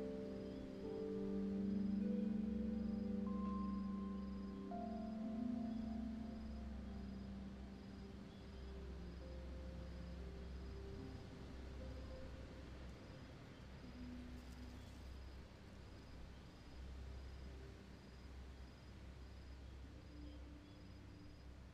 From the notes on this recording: A spooky fairground on a midsummer's evening.